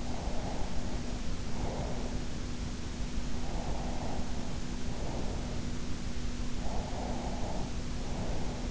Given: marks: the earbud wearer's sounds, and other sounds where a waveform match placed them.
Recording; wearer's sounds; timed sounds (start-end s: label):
sounds in sleep by an in-ear microphone; breath
0.15-2.11 s: breath
3.45-5.58 s: breath
6.60-8.71 s: breath